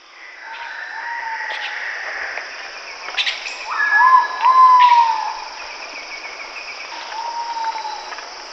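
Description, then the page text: Ivory-breasted pitta calling, drawn-out mellow whistles, slightly rising then falling, repeated a few times, over a constant high insect drone. "Ivory-Breasted Pitta Call. Quick Sounds"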